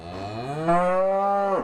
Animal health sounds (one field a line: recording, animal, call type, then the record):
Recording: contact call of a hoofed animal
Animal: cattle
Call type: low-frequency (closed-mouth) or high-frequency (open-mouth) call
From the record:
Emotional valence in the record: negative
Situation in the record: full separation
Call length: 1.63 s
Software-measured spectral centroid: 1190 Hz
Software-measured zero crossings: 1500 a second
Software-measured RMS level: -23 dBFS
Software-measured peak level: -9 dBFS